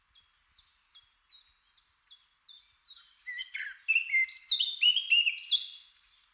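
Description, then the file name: Eurasian blackcap song: a run of short, evenly spaced high notes, then a loud, rich fluty warble bursting in. "Sylvia atricapilla"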